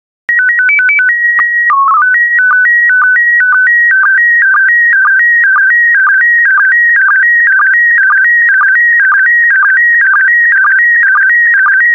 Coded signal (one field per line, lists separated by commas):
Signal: SSTV (slow-scan television)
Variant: PD 120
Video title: 115084 Orchids of the World SSTV PD120